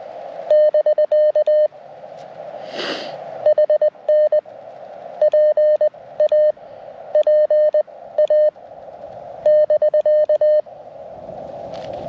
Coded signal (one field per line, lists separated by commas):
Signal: Morse code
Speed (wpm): 20 wpm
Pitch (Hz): 610 Hz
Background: none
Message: <BK> HN PA PA <BK>